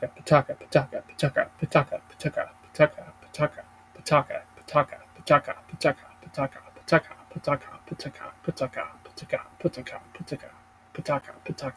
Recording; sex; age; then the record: repeated syllables /pa ta ka/; male; 20 to 29 years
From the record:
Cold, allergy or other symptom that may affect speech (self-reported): no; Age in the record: 27 years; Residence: United States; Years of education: 17